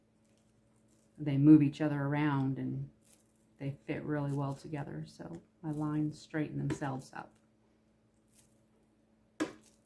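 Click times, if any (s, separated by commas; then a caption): 9.4 s. Small square resin diamond painting drills are pressed onto an adhesive canvas next to each other. Someone talks for most of the clip, then a short, sharp click is heard at 9.4 s as a drill seats into place. The click comes from the drills rubbing against each other's sides as they force themselves into the correct position.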